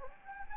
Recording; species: mosquito wingbeat signal from an infrared sensor; Anopheles gambiae